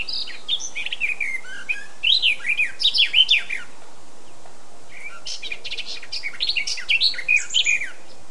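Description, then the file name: Eurasian blackcap song: two bursts of quick, varied warbling, the first richer and longer, the second starting after a short silence, over faint steady background hiss. "Sylvia atricapilla"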